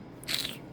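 While a bolt is tightened into the valve cover on the cylinder head of an Infiniti QX56 engine, a short metallic slip sounds at 0.3 s: a bright, high-pitched crunchy burst that fades out by about 0.5 s, just after a faint tick. The bolt's thread strips, leaving the valve cover needing a temporary fix.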